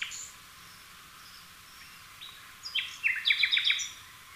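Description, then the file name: Common nightingale song: a few faint notes, then a rapid string of repeated chirps near the end. "Luscinia megarhynchos"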